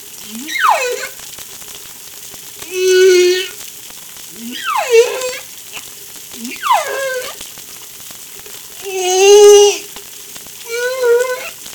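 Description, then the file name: Humpback whale song: descending cries, short low upsweeps and loud sustained harmonic moans recurring in a regular cycle. Recorded off La Réunion by Darewin on 3 July 2013. "Humpback Darewin La Reunion Jul 03 2013"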